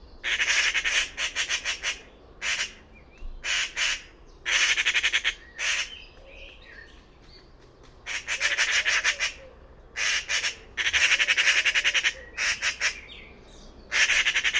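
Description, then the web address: Bird calling in grating, rasping bursts of rapid pulses, several clusters separated by pauses of a second or more, with faint softer chirps between. "cianscape birddata Deverinetal 2025 Bird Only Pi Pi Pi Pi"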